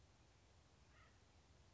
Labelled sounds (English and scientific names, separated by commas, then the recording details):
Acorn Woodpecker (Melanerpes formicivorus)
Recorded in Sonoma County, California